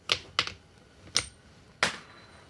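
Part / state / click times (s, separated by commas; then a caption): rifle trapdoor breech block opening from the receiver / released / 0.4 s. On an 1873 Springfield trapdoor rifle, the hammer is pulled back to half cock and the breech lever is flipped. The trapdoor breech block unlatches and swings open from the receiver, throwing the spent copper case out. Sharp metallic clicks sound at 0.1, 0.4, 1.2 and 1.8 seconds, and the block releases at 0.4 seconds.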